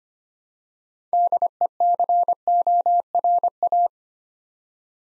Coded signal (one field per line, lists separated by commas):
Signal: Morse code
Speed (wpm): 25 wpm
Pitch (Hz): 700 Hz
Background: none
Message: DECORA